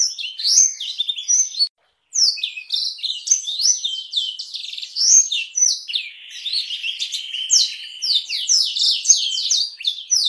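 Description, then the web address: Black-throated canary song, fast and high, broken by a short silence near two seconds, then a steady buzzy trill before more quick twittered phrases. "blackthroat suara-blackthroat"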